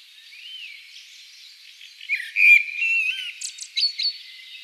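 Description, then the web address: Common blackbird song: soft fluted whistles rising and falling, then a louder burst of warbled notes with high, thin twitters near the end. "pub SETE data Turdus merula"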